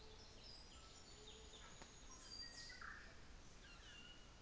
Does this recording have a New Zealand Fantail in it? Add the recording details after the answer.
yes. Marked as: faintness 4/5. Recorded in New Zealand on 24 December 2018. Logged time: 15:45